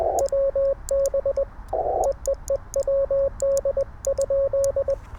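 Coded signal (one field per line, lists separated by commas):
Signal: Morse code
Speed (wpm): 20 wpm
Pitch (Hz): 550 Hz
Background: radio noise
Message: WB EEE WD?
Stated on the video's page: CW Parks on the Air activation sent on a tiny, lightweight, light-touch M7 key.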